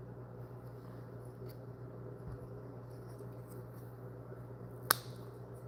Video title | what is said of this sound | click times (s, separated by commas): 🔴Building 3D Book Nook Kit of BEIKA-CHO Convenience Store. Part 1 | There we go. We heard a snap there. | 4.9 s